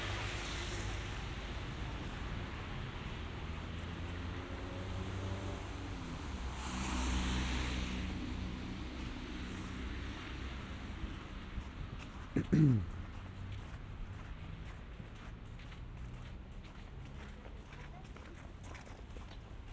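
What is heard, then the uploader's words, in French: A winter walk through Montreal in the snow, with a steady low rumble of traffic throughout. A passing vehicle swells around seven seconds, and a sharp, brief sliding cry stands out near twelve and a half seconds. Soft crunching steps follow. Balade binaural dans le Montréal de l'hiver. Marcher dans la neige.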